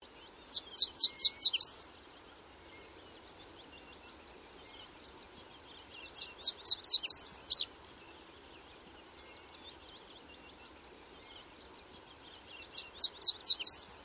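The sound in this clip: Bird song: a quick run of several high chirped notes ending in an upward sweep, repeated about every six seconds over a quiet background.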